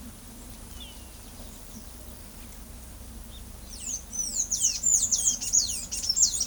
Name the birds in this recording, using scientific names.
Thraupis episcopus